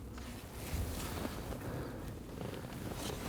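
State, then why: Not seated. A new pleated cabin air filter for a 2010-2019 Ford Taurus is picked up and brought to the HVAC housing opening, then lined up into the pocket. Soft rustling and handling noises are heard, with a brief louder rustle at about 0.2 s. Nothing has seated or clicked yet.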